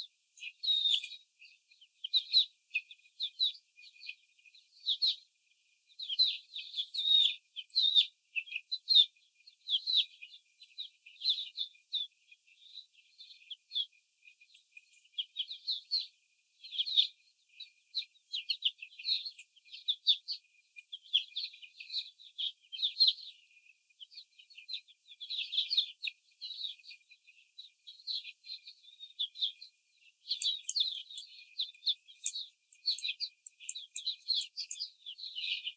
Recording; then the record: young laying hens in a cage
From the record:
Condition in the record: after the stressor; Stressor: simulated dog barking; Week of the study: 4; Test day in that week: 3